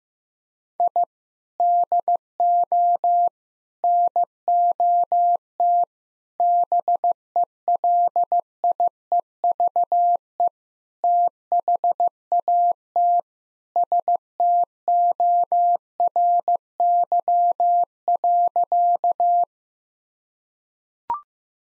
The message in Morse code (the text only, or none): I DO NOT BELIEVE THAT STORY.